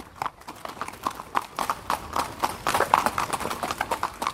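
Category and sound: animal, horse hooves clip-clopping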